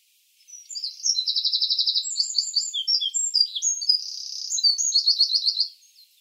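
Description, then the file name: Eurasian wren delivers a long, rapid song of high, sharp notes, with a rattling trill near the start, a buzzy patch, and a closing trill. "Troglodytes troglodytes"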